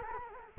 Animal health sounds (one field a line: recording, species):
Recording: mosquito wingbeat signal from an infrared sensor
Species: Culex quinquefasciatus